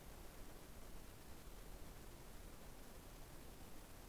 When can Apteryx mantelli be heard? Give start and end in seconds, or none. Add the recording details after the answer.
none. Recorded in New Zealand on 21 November 2014. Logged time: 02:28. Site CL78